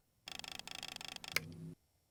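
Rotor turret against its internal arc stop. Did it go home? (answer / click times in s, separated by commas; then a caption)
yes / 1.4 s. The plastic top of a Hunter PGP rotor sprinkler is turned by hand, producing a rapid run of ratcheting ticks from about 0.3 s. At 1.4 s the internal clutch gives a loud click as the turret reaches its fixed right arc stop, followed by a brief low, steady tone until about 1.7 s. The right stop is confirmed.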